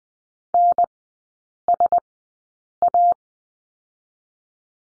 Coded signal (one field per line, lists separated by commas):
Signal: Morse code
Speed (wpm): 19 wpm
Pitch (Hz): 700 Hz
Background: none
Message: N S A